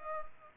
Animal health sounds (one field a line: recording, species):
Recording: mosquito wingbeat signal from an infrared sensor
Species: Culex pipiens